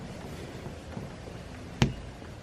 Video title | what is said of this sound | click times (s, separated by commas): 2016+ Civic Sidemarkers Install! | there it clipped in and now we're gonna grab our new housing | 1.8 s